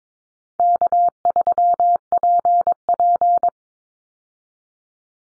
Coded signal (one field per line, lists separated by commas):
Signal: Morse code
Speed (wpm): 22 wpm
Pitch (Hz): 700 Hz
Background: none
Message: K3PP